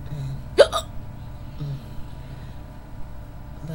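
Two sharp, abrupt hiccups about three and a half seconds apart, each a sudden voiced catch ending in a quick click as the throat snaps shut, from an adult late at night. A low steady hum sits underneath. These are ordinary hiccups, involuntary spasms of the diaphragm.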